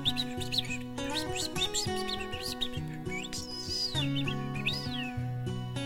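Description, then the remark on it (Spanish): Two small birds, a male and a female, chirp back and forth under a tree at a palace at sunset. The quick, high, sliding tweets repeat in short bursts over a steady bed of sustained low musical tones. “Ese atardecer el rey se detuvo al escuchar bajo un árbol a un pajarito que conversaba con una pajarita.”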